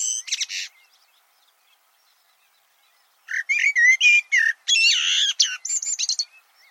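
Bird song with a short chirpy opening, a long silence, then a dense run of varied notes including buzzy and whistled elements for about three seconds.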